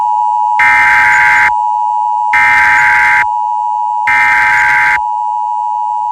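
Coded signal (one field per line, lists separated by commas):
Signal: Emergency Alert System (SAME) tones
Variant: header bursts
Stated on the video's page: Weekly Thursday EAS tests.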